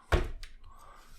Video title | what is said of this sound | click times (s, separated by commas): Nemesis Reviews Transformers Legacy Evolution Armada Optimus Prime | then take this piece right here and click it down like that. | 0.1 s